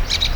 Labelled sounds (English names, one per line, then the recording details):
Brown-throated Parakeet contact call
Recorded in Venezuela
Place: PN Cerro Saroche, Tierras del Sr. Polo, Edo. Lara
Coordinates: 10.171, -69.518